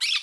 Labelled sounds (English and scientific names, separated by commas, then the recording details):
Brown-throated Parakeet (Eupsittula pertinax) contact call
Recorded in Curacao
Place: Hoffi Jan Thiel
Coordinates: 12.094, -68.877